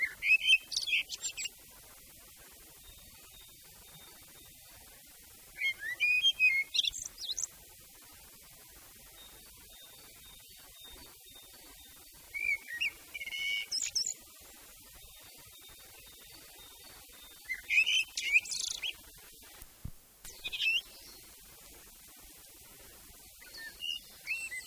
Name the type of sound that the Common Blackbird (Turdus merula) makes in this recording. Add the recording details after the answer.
song. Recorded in the wild. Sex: male. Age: adult. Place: Erlangen, Bayern, DE. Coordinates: 49.6075, 11.0092. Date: 1966. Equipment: Nagra, Vollspur. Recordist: Tretzel, Erwin. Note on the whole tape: Erlangen, Burgberg. Männchen: Gesang ("spezielles Motiv"). Ungenaue Datumsangabe: April 1966